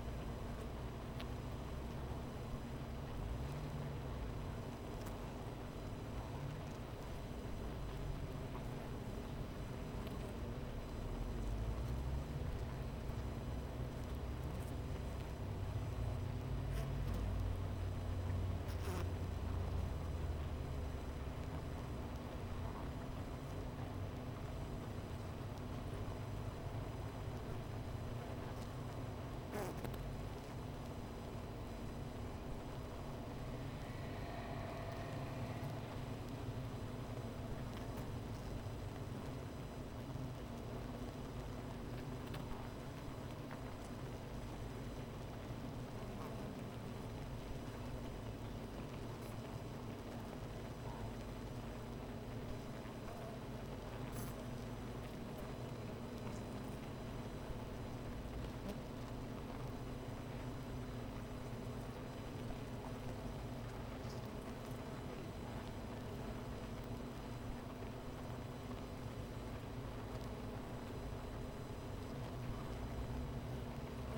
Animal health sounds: honeybee colony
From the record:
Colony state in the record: missing queen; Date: 14 July 2017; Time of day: 13:36

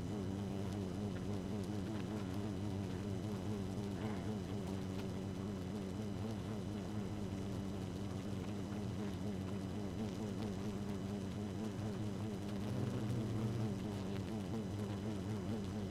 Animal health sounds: honeybee colony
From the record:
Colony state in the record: active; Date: 12 June 2018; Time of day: 0:12

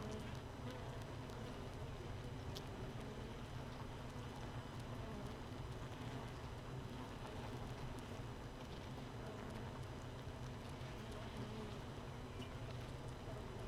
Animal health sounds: honeybee colony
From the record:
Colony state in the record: missing queen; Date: 31 May 2018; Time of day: 15:31

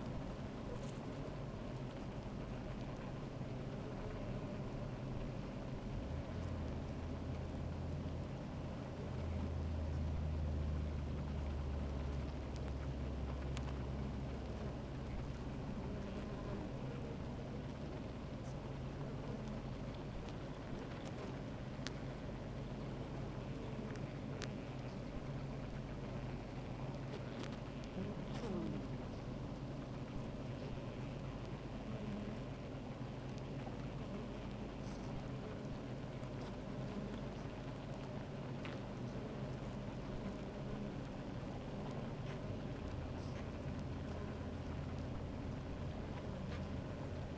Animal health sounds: honeybee colony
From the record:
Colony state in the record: active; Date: 28 July 2017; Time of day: 13:13

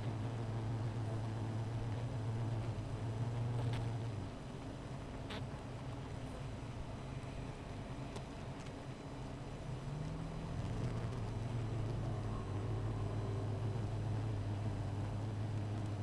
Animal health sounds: honeybee colony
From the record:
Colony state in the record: missing queen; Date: 14 July 2017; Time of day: 16:18

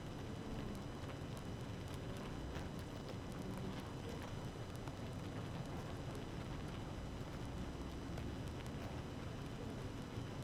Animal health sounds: honeybee colony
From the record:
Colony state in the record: active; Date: 12 June 2018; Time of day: 6:44

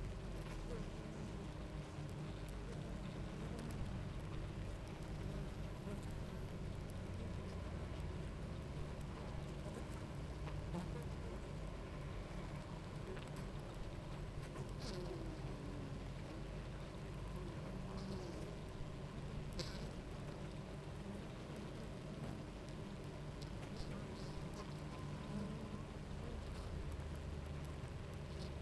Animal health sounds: honeybee colony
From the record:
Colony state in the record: active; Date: 28 July 2017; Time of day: 10:13

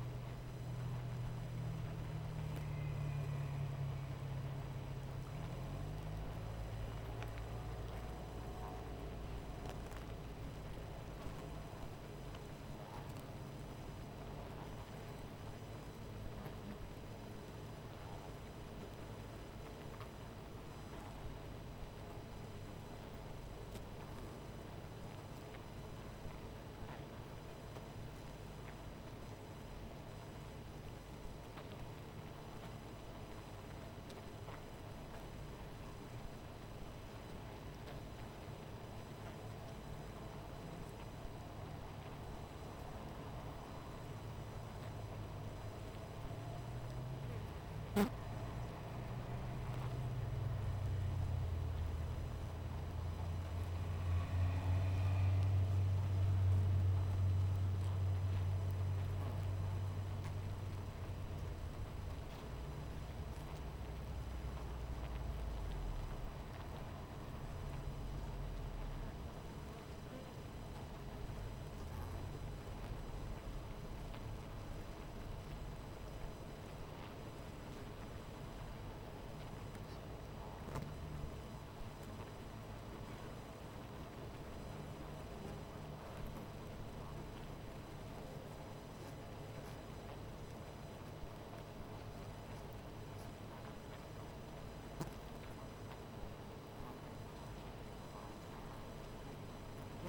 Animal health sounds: honeybee colony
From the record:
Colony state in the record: missing queen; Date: 14 July 2017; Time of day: 18:31

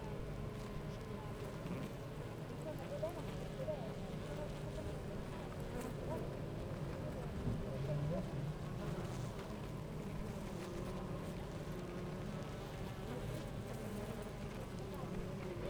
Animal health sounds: honeybee colony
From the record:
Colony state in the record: active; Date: 28 July 2017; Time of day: 9:13

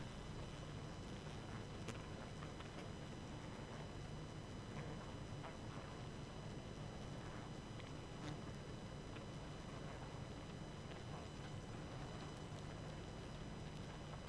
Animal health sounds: honeybee colony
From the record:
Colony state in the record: active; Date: 12 June 2018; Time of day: 21:10

